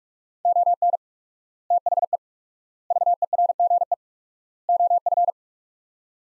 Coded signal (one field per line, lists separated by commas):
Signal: Morse code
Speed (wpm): 41 wpm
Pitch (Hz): 700 Hz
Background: none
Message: ON THE VERGE OF